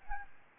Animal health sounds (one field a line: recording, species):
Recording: mosquito wingbeat signal from an infrared sensor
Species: Aedes albopictus